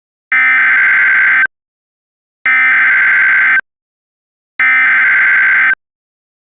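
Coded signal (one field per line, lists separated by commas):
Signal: Emergency Alert System (SAME) tones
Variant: header bursts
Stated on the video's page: Joke EAS scenario, fictional, with valid tones.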